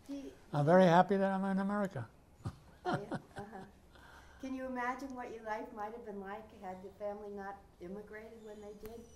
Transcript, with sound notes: Do —
I'm very happy that I'm in America. [laughs]
Uh-huh. Can you imagine what your life might have been like had your family not immigrated when they did?